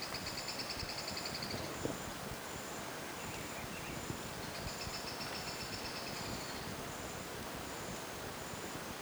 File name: Dusky-tailed Antbird (Drymophila malura)